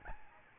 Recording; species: mosquito wingbeat signal from an infrared sensor; Aedes albopictus